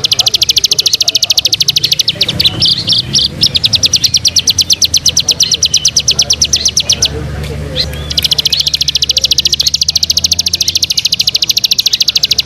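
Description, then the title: Bar-winged prinia singing a dense, rapid, ticking series of high notes that runs on almost without a break, pausing once for about a second. "Suara Burung Ciblek"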